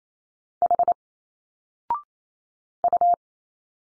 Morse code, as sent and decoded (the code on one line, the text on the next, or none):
.... / ..-
H U